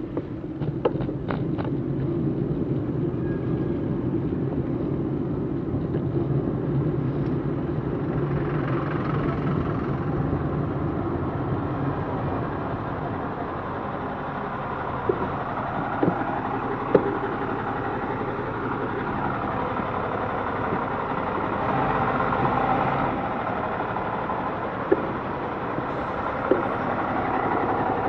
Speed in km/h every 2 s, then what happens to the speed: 15, 15, 14, 13, 12, 6, 1, 0, 5, 5, 6, 5, 1, 0.
0-8 steady at about 14. 8-12 slows to 1. 12-14 standing. 14-24 steady at about 5. 24-28 standing.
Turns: none.